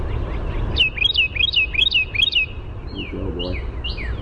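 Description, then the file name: Carolina wren singing five fast, ringing phrases in a row, followed by a few sliding descending notes and soft low chatter. "CARW song"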